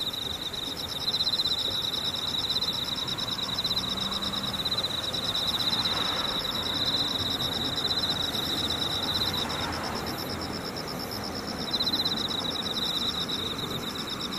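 An insect trills steadily in a high, rapid buzzing pulse, pausing briefly near ten seconds before resuming over a soft, hissing background.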